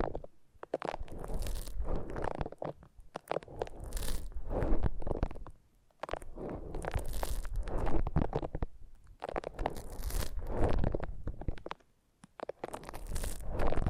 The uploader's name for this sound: Foam Massage